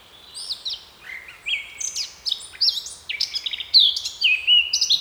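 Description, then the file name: Eurasian blackcap song, a chattering warble that grows into loud, clear fluty whistled phrases. "Sylvia atricapilla"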